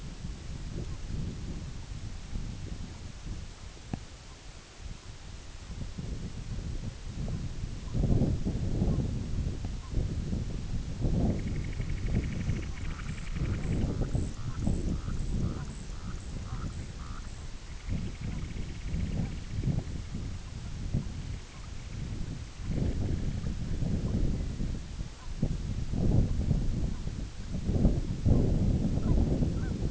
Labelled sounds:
unidentified sound, Semipalmated Sandpiper (Calidris pusilla), White-rumped Sandpiper (Calidris fuscicollis)
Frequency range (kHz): Semipalmated Sandpiper (Calidris pusilla) 0.8-4.4 kHz
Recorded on Arctic tundra, site IGLO-B, on 21 June 2018
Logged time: 15:59

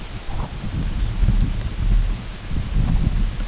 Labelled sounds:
Lapland Longspur (Calcarius lapponicus)
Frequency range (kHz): Lapland Longspur (Calcarius lapponicus) 2.9-4.0 kHz
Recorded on Arctic tundra, site UTQI-8, on 14 June 2019
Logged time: 08:00

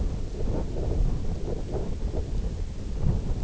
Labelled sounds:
none
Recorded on Arctic tundra, site IGLO-F, on 20 June 2018
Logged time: 16:00

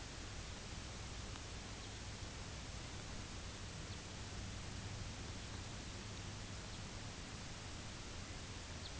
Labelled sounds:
Lapland Longspur (Calcarius lapponicus)
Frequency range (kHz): Lapland Longspur (Calcarius lapponicus) 2.5-5.4 kHz
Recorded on Arctic tundra, site UTQI-0, on 17 June 2019
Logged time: 18:00

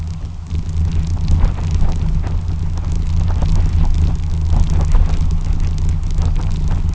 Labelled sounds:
none
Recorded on Arctic tundra, site UTQI-2, on 12 June 2019
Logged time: 04:00

